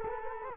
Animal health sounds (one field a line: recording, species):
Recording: mosquito wingbeat signal from an infrared sensor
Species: Culex quinquefasciatus